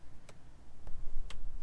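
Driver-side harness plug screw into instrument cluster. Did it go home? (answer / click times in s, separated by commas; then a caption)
yes / 0.3 s, 0.9 s, 1.3 s. The plastic screw on the driver-side harness plug of the instrument cluster of a 100 series Land Cruiser (Lexus LX470) is tightened after a "D" gear indicator light change. Three short, sharp clicks at 0.3, 0.9 and 1.3 s stand out over a low background rumble. Each click shows the screw has reached its limit and clicks rather than turning tighter.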